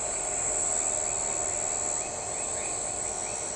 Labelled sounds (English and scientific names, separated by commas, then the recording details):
none
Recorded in shrubland near Pivijay, Magdalena, Colombia, on 16 April 2023 at 02:00
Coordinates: 10.453, -74.365
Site P5-G022